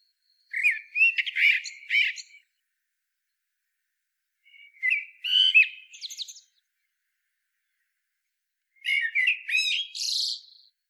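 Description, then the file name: Common blackbird singing three separate phrases about four seconds apart, each a mellow whistled warble that breaks into thin, high twittering notes at the end. "Turdus merula"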